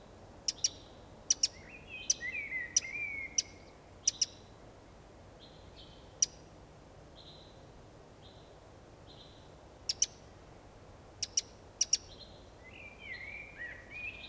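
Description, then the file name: Eurasian wren, series of sharp clicking calls in pairs, with a twittering warble early, flat whistles midway and another warble at the end. "Troglodytes troglodytes"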